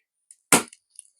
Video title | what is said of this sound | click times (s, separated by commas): How to Build a Gaming PC/Part One Of Three/Complete How to Guide | there's your click now notice that this has gone all the way up | 0.5 s